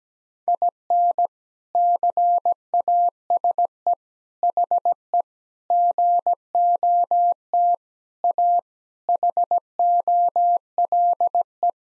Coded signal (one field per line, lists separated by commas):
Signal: Morse code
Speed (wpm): 17 wpm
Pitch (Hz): 700 Hz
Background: none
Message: IN CASE HE GOT A HOLE